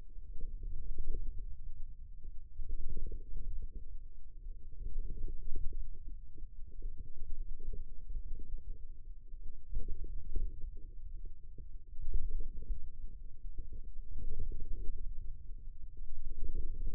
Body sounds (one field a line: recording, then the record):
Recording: forearm muscle sounds (acoustic myography)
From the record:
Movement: ulnar deviation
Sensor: system 2, bracelet of six BSWA MPA416 microphones around the upper forearm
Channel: 2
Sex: male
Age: 22 years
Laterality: right